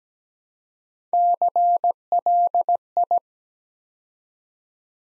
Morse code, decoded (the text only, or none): CLI